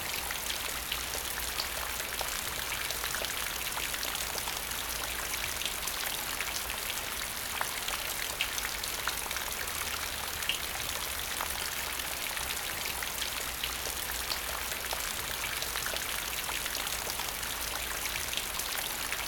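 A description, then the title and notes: Rain falls steadily onto a puddle, a dense, even patter of countless small drops with crisp, bright splashes throughout. The sound holds constant for the whole stretch, with a faint low hum underneath and a couple of brief sharper ticks near the middle. CALMING RAIN ON THE PUDDLE.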